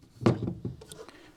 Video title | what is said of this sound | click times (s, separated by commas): Ruger Mini-14 and M-14 compared ~ Bill Ruger's Makeover | at a forward angle and is rotated to the back and locked into place | 0.3 s